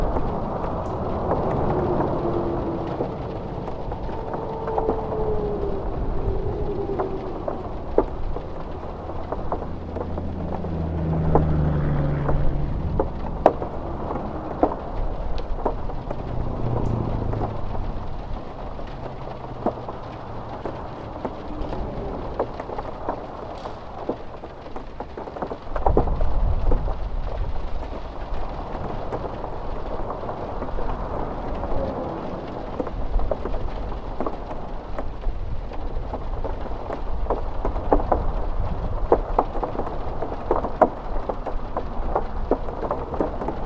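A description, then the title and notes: Steady rain patters on a roof with scattered drops, while passing cars hum and swell low, one louder pass after 25 seconds. Pull The RV Over & Sleep at This Pit Stop Until The Rain Let's Up (With Cars Zipping by).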